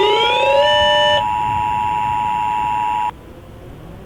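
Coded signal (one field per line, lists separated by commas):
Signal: Emergency Alert System (SAME) tones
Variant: 853 and 960 Hz attention tone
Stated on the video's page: Fictional analog-horror EAS scenario involving a tornado; simulated alert, remake of an earlier scenario.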